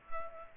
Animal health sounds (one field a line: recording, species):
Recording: mosquito wingbeat signal from an infrared sensor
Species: Culex pipiens